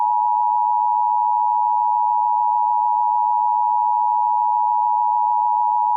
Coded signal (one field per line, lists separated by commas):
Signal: Emergency Alert System (SAME) tones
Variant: 853 and 960 Hz attention tone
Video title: A Quiet Place 2 Fake EAS Alert